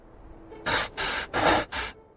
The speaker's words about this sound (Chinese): 他大口大口地喘气。